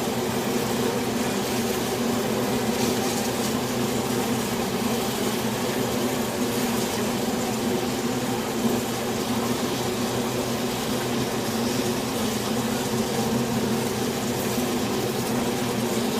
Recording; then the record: honeybee colony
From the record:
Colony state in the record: swarm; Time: day